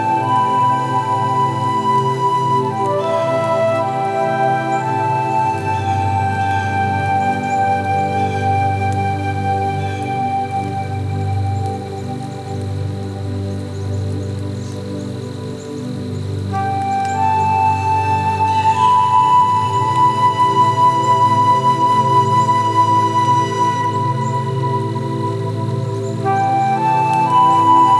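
Slow, sustained flute notes drift through a gentle melody over a steady, soft low drone, with a faint hiss underneath throughout.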